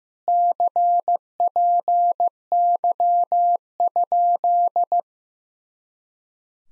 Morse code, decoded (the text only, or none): CPY?